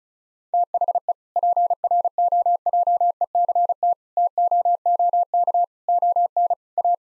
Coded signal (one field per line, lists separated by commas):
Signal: Morse code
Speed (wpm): 34 wpm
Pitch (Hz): 700 Hz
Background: none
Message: THE PROJECT TOOK ON A